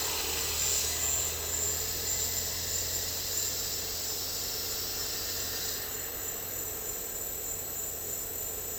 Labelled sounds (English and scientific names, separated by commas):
none